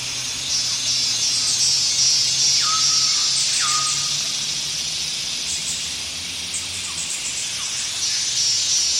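Cicada song, a steady high hissing drone throughout, with a bird giving a few short slurred whistles.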